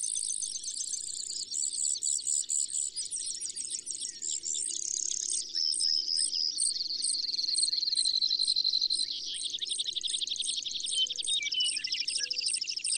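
Brewer's sparrow singing a lengthy, insect-like series of buzzy trills, shifting from rapid rattles to slower ringing notes and back again.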